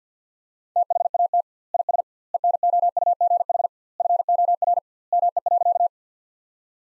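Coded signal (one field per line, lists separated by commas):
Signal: Morse code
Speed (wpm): 50 wpm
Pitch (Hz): 700 Hz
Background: none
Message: THAT IS ENOUGH FOR ME.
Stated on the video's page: Morse practice sentences from the top 400 words at 50 wpm with 2x standard word spacing, a word-based analogue of Farnsworth spacing.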